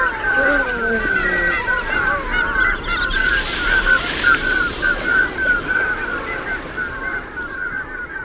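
A flock of common scoters, arctic sea ducks, gives soft, piping whistles and short nasal notes at sea, repeated in loose overlapping series over a steady wash of sea noise, with a few deeper grunts early on.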